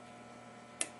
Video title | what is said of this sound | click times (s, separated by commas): Captain's Blog 2 8 2015 Nano CPx CNC Upgrade Tutorial | like that. So that's snapped into place. | 0.8 s